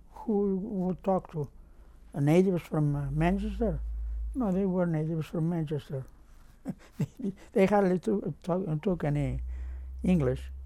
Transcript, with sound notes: Who would talk to a natives from Manchester? No, they were natives from Manchester. (laughs) They had little, I'm talking, English.